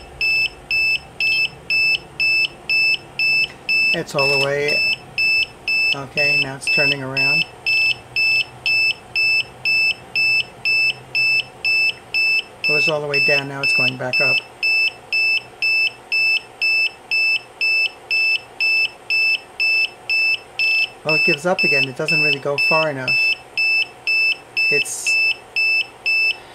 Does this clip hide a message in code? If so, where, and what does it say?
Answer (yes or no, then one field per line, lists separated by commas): no